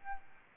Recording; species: mosquito wingbeat signal from an infrared sensor; Aedes albopictus